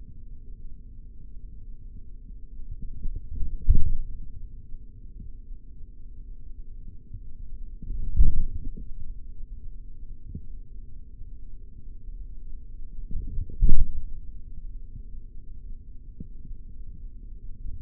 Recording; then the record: forearm muscle sounds (acoustic myography)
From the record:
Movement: forearm supination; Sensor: system 3, bracelet of six PUI Audio POM-2738L microphones around the upper forearm, with dedicated amplification and filtering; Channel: 4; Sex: male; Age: 56 years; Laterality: right